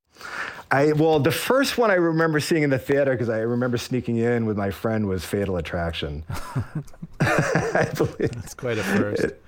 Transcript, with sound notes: the first one I remember sitting in the theater - 'cause I remember sneaking in with my friend - was "Fatal Attraction."
(LAUGHTER)
I believe.
That's quite a first.